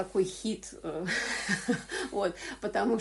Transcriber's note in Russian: смех